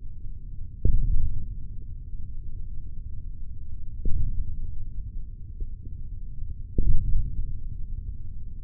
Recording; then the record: forearm muscle sounds (acoustic myography)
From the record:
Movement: hand opening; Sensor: system 3, bracelet of six PUI Audio POM-2738L microphones around the upper forearm, with dedicated amplification and filtering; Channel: 2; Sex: male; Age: 25 years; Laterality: right